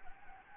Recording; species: mosquito wingbeat signal from an infrared sensor; Anopheles gambiae